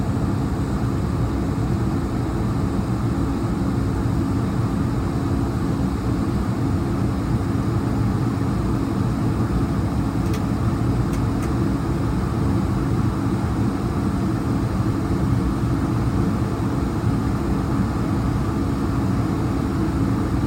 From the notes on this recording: full flights with all of it's sounds including passenger announcements, service and of course the engines